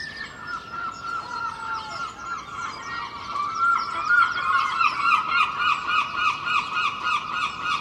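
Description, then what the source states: Gull calls build from drawn-out wails into a rapid, rhythmic laughing series of harsh notes, with other birds chattering faintly behind. Early morning, Filey, April 2023; recorded from a second-storey window with Clippy microphones and a Roland R-07; other birds present.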